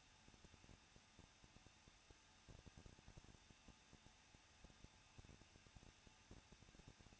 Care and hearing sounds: daily activity, microphone in the room; no activity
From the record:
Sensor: 2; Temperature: 21.0 degrees Celsius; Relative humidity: 37.5%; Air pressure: 1006.3 hPa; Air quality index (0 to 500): 223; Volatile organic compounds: 25 ppm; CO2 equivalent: 2837 ppm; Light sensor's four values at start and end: 2/3/2/2 and 2/3/2/2

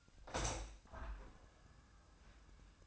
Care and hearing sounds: daily activity, microphone in the room; open window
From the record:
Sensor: 2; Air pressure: 1004.5 hPa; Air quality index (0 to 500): 82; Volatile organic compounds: 2 ppm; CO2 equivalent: 978 ppm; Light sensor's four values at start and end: 6/14/5/6 and 6/14/6/6

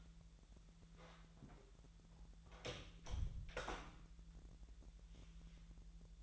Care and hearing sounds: daily activity, microphone in the room; close door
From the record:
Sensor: 3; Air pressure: 1001.3 hPa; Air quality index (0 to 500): 249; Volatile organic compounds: 168 ppm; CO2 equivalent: 4099 ppm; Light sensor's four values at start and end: 13/31/13/13 and 13/31/13/13

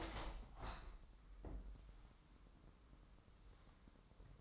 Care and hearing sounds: daily activity, microphone in the room; open window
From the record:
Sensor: 3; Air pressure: 997.9 hPa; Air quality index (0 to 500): 141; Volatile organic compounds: 4 ppm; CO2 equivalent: 1682 ppm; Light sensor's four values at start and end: 14/42/17/15 and 14/42/17/16

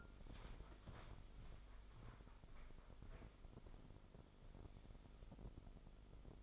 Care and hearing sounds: daily activity, microphone in the room; walk to room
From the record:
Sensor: 5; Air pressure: 995.7 hPa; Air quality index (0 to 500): 91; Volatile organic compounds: 5 ppm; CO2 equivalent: 1728 ppm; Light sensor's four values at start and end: 38/93/38/39 and 39/96/39/40

